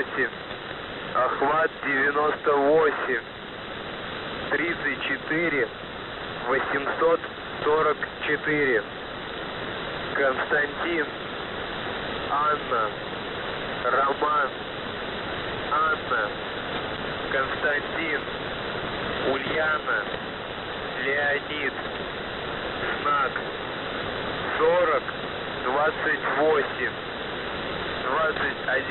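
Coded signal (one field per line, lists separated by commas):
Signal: coded military voice message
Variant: Russian, callsign Охват-98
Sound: male Russian voice reading a callsign, numbers and phonetic-alphabet letters, repeated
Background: radio static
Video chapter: 02:51 - Воздух Охват-98 34844 КАРАКУЛЬ 4028 2170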